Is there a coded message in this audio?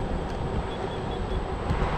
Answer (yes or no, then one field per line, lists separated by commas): no